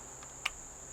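A metal baffle of a Ruger Silent-SR suppressor is fitted onto the next baffle in the stack during reassembly. A single short, sharp snap is heard at 0.5 s as it seats into place, over a steady high-pitched background tone.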